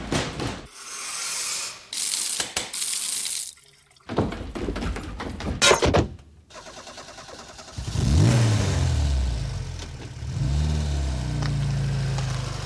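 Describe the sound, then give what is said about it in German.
Clicks and mechanical rattling, like a car door and ignition, give way to an engine that roars up in pitch as it revs, then holds a steady, loud drone as the car pulls off and drives away quickly. “Ich stieg in ein Auto und fuhr schnell davon.”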